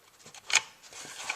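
On a 2016–2019 Toyota Tacoma with a power center rear sliding window, the sliding glass channel is worked over the bottom rail of the window frame until it finds the sweet spot. Soft rubbing and scraping lead to a sharp snap at 0.6 s and another at 1.3 s as the channel clicks onto the rail and seats.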